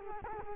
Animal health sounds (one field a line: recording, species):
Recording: mosquito wingbeat signal from an infrared sensor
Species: Culex quinquefasciatus